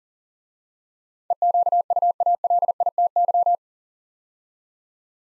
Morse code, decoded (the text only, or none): EQUALITY